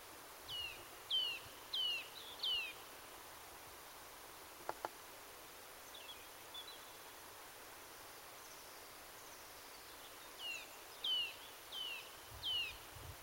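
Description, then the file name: Eurasian nuthatch giving bright falling whistled notes in tight groups of four, with a quieter run midway and a final brisk series, over faint background hiss. "Sitta europaea"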